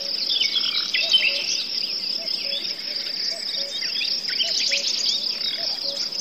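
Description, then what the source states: Forest birds, cuckoos and crickets: crickets trill without pause as birds twitter busily and soft low hooting notes repeat throughout. Forest; birds, cuckoos and crickets heard together.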